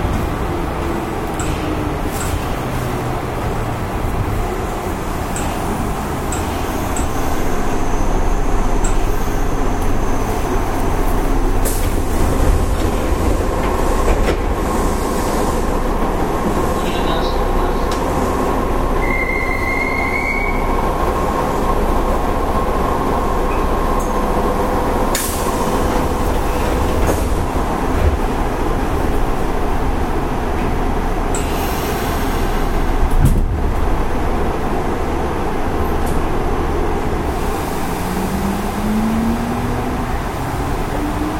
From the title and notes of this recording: 西鉄5000系 普通 二日市から薬院まで. 西日本鉄道 5000系電車の走行音です。 大牟田線の普通列車で録音しました。 It is running noise of Nishitetsu railway 5000 series train. I recorded on a local train at Omuta Line.